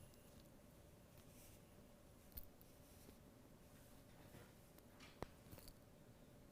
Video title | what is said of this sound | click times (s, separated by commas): JewelleryMaker LIVE 16/10/16 - 6-11pm | don't know if you hear it's very quiet but it's you can feel it | 2.4 s, 5.2 s